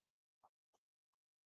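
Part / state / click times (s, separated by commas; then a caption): 6 mm metal jump ring closing on an earring component / not seated / none. A 6 mm metal jump ring carrying an embellishment on an earring component is handled with pliers, producing three short, light metallic ticks at about 0.4, 0.7 and 1.1 seconds in an otherwise quiet clip. Nothing has clicked closed or seated yet; the ring is not yet secure.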